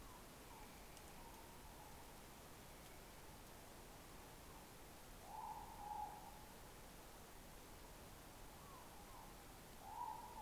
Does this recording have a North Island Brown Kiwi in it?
no